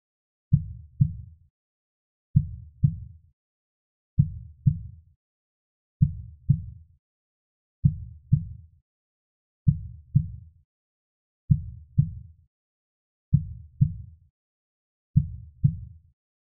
Medical Heart Beat Slow.